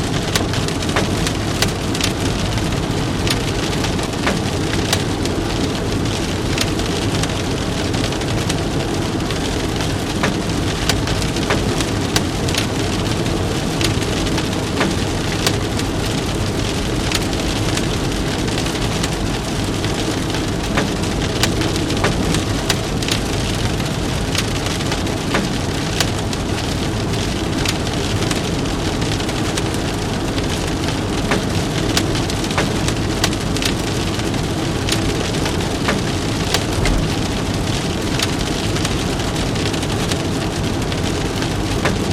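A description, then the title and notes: Rain drums steadily on a car roof and windshield, a dense, even patter of countless drops with frequent sharper ticks. Underneath runs a constant low rumble, like an engine or road noise, and the sound stays unchanged throughout. Rainy car rides I have known and loved. Various recordings of rain on car roof and windshield, recorded by Dan Bodah in 2003.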